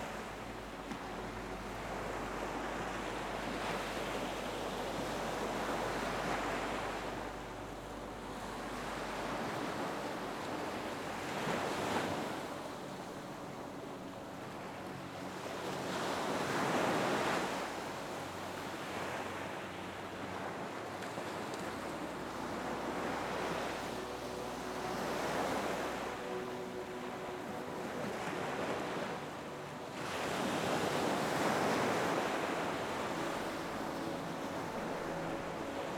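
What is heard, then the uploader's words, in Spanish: Ocean waves roll in steadily, each swell rising and washing out roughly every four to five seconds, with fuller surges near 17 and 31 seconds. A faint, sustained soft tone sits beneath the surf, along with a low steady rumble and some wind. Las melodías suaves se mezclan con los sonidos tranquilizadores de las olas.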